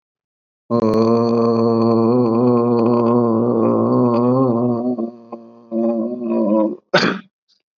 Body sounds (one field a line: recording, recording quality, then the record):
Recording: sustained vowel as in boot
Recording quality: excellent, no background noise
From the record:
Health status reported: COVID-19 positive, mild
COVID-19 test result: positive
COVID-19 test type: RT-PCR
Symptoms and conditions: cough, sore throat, fever, fatigue, muscle pain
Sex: male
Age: 55 years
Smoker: no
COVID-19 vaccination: both doses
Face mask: not worn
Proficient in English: yes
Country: India